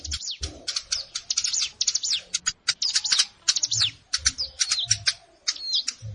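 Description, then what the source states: Plain prinia song, a dense run of quick high chirps and falling slurred notes tumbling together almost without pause, with soft low bumps in the background. Recorded in a rice field (sawah).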